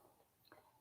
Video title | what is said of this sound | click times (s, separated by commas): Wednesday Live - Let's Craft & Chat | you pop the bottom up a little bit and it releases the thread and then when you wind it back | 0.5 s